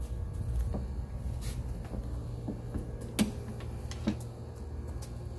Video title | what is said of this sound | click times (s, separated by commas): How to use Quick 220 with your Tesla or other Electric Vehicle | you heard a clunk now the car is already charging | 3.2 s